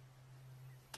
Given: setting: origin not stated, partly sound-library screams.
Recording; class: one-second piece from a danger detection set; normal situation